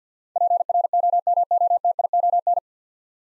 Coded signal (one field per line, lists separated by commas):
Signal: Morse code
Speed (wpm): 50 wpm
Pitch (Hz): 700 Hz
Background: none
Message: PROMOTION